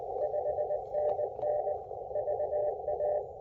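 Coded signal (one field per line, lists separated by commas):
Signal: Morse code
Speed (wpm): 20 wpm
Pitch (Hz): 590 Hz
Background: radio noise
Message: 5NN VA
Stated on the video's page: Morse code from a park activation using a new QRPLabs QMX transceiver.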